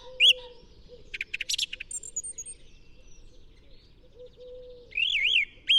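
Song thrush song: a looping high whistle, a burst of sharp rattling notes, then a twisting whistled phrase near the end.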